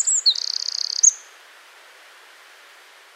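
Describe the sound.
Wren song fragment: brief high notes followed by a short rattling trill and one final note, then quiet background.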